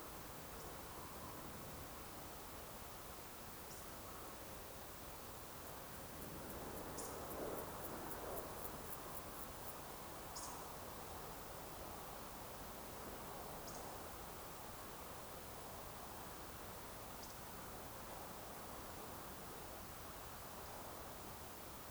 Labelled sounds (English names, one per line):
Eurasian Woodcock